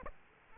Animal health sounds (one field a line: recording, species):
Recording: mosquito wingbeat signal from an infrared sensor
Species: Aedes aegypti